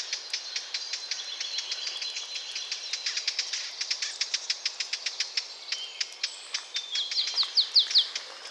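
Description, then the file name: Eurasian blackcap giving hard tacking clicks in a rapid series, growing louder toward the end, where a few short whistled notes join in. "Sylvia atricapilla"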